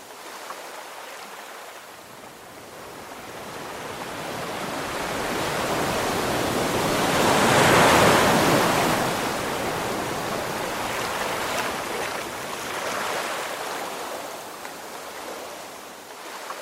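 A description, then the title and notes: An ocean wave rolls in and washes up on the shore, building steadily from a quiet hiss to a full, frothy rush around the eighth second. It then recedes slowly, with a smaller surge near thirteen seconds before fading out. The calming sound of ocean waves.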